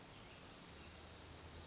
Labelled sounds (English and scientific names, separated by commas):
Brown Creeper (Certhia americana)